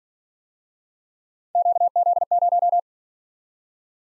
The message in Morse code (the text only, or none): QZ0